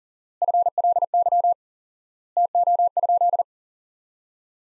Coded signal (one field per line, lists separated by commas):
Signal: Morse code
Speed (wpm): 37 wpm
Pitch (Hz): 700 Hz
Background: none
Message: FLY TO?